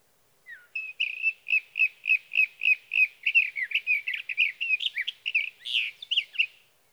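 Sage thrasher song beginning with a falling note, then steady rapid repeated notes that break into a varied jumble at the end.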